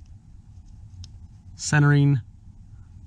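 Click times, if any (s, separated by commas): none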